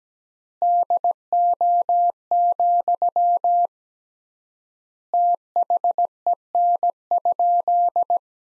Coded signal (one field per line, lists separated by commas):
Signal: Morse code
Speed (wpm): 17 wpm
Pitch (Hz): 700 Hz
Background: none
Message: DO, THEN?